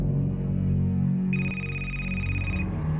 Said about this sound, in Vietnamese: Chuông điện thoại của nó đổ. Nó lo lắng đánh rơi chiếc máy xuống đất. Chiếc điện thoại tắt ngấm ngay sau đó.